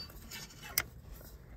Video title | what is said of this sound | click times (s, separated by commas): 1996 ford ranger fuel filter replacement | it just clicks in I don't know if you heard that click | 0.8 s